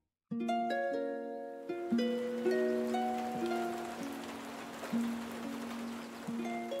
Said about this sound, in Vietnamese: Mưa suốt từ chiều tới giờ mãi vẫn chưa hết.